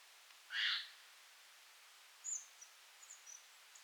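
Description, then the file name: Eurasian jay giving one loud, rough screech, followed by faint, thin high chirps from another small bird. "Garrulus glandarius"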